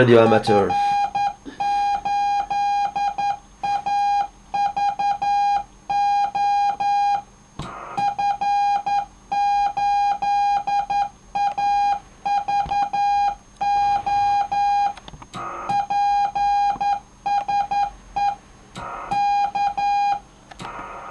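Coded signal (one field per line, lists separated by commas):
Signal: Morse code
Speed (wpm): 11 wpm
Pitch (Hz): 810 Hz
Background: speech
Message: F8AVO F8AVO PSE K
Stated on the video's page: Morse at 9 wpm from a Tono 5000e sender/decoder.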